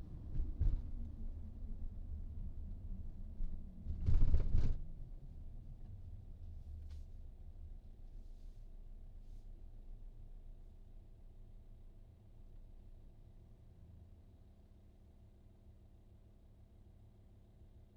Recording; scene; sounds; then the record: everyday scene through a hearing-aid microphone; in a vehicle; engine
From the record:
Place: VW T5 Caravelle, diesel engine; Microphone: in the ear canal, right